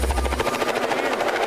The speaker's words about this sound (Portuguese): Eu acho que eu tô vendo o helicóptero descer aqui em Tucuruí.